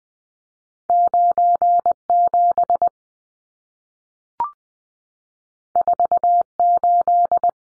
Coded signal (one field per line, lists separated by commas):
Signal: Morse code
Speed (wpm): 20 wpm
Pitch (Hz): 700 Hz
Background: none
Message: 97 48